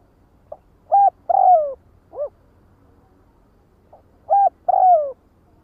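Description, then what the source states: Spotted dove uttering a phrase of short coos and a long falling coo, then a lower single note, followed by a second phrase after a pause. Calling the flock.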